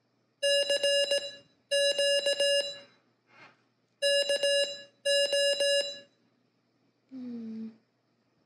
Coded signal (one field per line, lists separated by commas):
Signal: Morse code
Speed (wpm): 18 wpm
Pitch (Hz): 560 Hz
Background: none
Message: CQ KO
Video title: Build the QRPGuys Code Trainer with me! (KO6BTM)